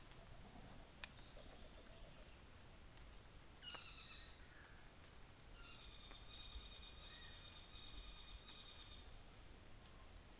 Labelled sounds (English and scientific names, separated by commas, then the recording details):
North Island Saddleback (Philesturnus rufusater)
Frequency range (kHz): North Island Saddleback (Philesturnus rufusater) 0.8-7.6 kHz
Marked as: faintness 2/5, faintness 3/5
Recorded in New Zealand on 24 December 2018
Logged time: 10:15